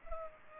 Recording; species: mosquito wingbeat signal from an infrared sensor; Culex pipiens